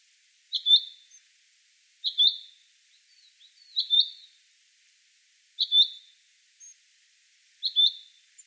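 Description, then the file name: Common chaffinch: five repeated high, sharp double chips at irregular intervals of about one and a half to two seconds, with a few faint soft chirps between them. "Fringilla coelebs"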